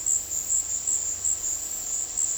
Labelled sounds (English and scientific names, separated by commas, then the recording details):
none
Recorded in dense forest near Puerto Asís, Putumayo, Colombia, on 21 February 2024 at 15:00
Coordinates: 0.485, -76.325
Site G6429